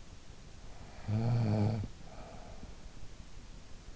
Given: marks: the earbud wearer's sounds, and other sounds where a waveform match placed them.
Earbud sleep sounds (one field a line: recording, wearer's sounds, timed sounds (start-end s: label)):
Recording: sounds in sleep by an in-ear microphone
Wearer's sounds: snoring breath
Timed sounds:
0.23-3.49 s: snoring breath